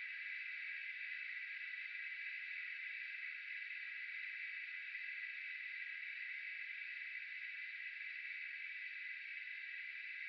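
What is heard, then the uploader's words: Processed sine tones merge into one steady, dense band of bright, hissing sound, with nothing in the low end. Loudness stays flat for the full ten seconds, with no breaks or separate events, giving a constant buzzing, insect-like drone. Raw processed sine tones. Most of it done in AudioMulch...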